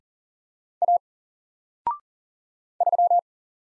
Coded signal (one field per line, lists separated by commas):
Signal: Morse code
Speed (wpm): 40 wpm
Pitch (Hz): 700 Hz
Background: none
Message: A 3